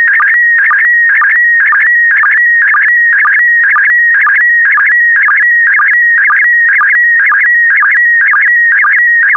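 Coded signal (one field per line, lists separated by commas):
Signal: SSTV (slow-scan television)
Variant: PD120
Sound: warbling whistle near 2 kHz with rhythmic chirping dips twice a second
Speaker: get ready starting transmission in 5 4 3 2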